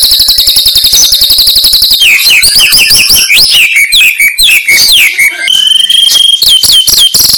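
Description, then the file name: White-rumped shama song opening with a quick buzzy trill, then varied fluty whistled phrases sliding downward, a sustained high tone, and more short whistles. "suara burung murai terbaik"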